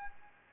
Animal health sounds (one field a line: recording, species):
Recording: mosquito wingbeat signal from an infrared sensor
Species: Anopheles gambiae